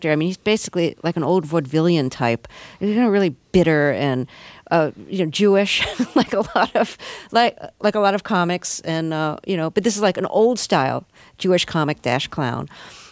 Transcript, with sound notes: I mean, he's basically like an old vaudevillian-type - you know, really bitter and, you know, Jewish, (laughter) like a lot of comics and, you know - but this is, like, an old-style Jewish comic dash clown.